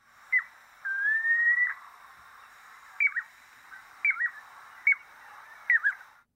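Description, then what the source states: Piping Plover giving clear whistled peeps, a short note, one long steady whistle, then short piping notes about once a second against a quiet, soft hiss. Shorebird, described as winsome.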